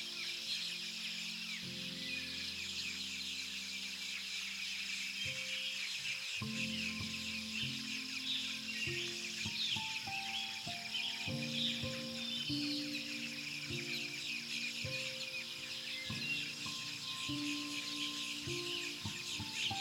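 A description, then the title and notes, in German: Forest birds chirp in a dense, steady bright chatter while soft, slow melodic notes shift underneath throughout the recording. Zwitschern der Waldvögel, harmonisch vermischt mit sanften und beruhigenden Melodien.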